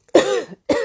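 An adult woman gives two quick cough bursts, the first about half a second long and the second cut off at the end. Both have a strong voiced, throaty quality rather than a breathy one. It is a plain, dry-sounding cough from a lingering tickle in the throat during a bad cold.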